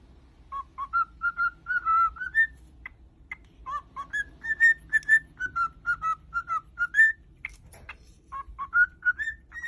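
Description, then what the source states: Cockatiel whistling a tune of short notes that step up and down in pitch, repeated as a phrase with brief breaks between runs. Several cockatiels singing and whistling.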